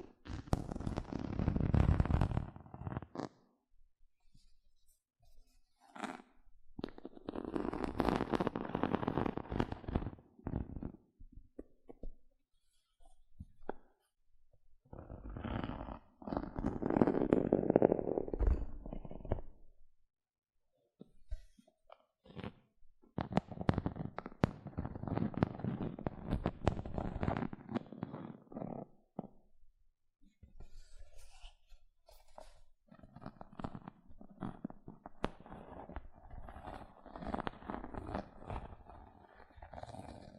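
Gentle scratching comes in bursts of a few seconds each, separated by short quiet gaps, with the strongest passages around 1, 8, 17 and 25 seconds. The texture is dense and crackly with soft low rumbling underneath, and sharp ticks scattered throughout.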